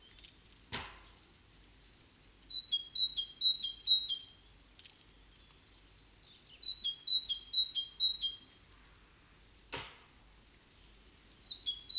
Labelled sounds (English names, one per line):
Great Tit song